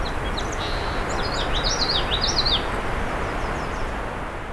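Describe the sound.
Black-and-white Warbler song: a quick series of thin, high, seesawing notes, set against constant low rumbling noise.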